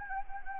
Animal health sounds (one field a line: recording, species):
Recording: mosquito wingbeat signal from an infrared sensor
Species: Anopheles gambiae